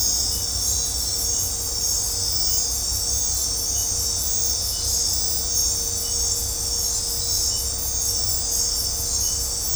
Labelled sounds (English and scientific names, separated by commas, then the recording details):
none
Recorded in dense forest near Puerto Asís, Putumayo, Colombia, on 26 December 2024 at 23:00
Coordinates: 0.503, -76.323
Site G043